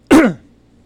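Adult man. A single short cough, coughed into a microphone.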